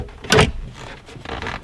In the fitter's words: there's one little clip that's a you heard that click